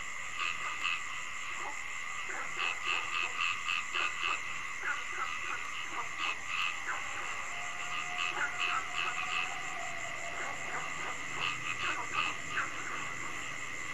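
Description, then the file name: Frog croaks in bouncy groups of quick pulses, with a faint drawn-out tone in the middle, all over a constant high drone. Frogs calling at night. "Tieng ech nhai keu ban dem"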